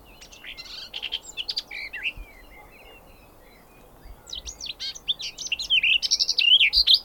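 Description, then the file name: Garden warbler song: rapid, varied warbling phrases of chirps and slurred notes, a burst in the first two seconds, a pause, then a longer, louder run. "kerti poszata hangja"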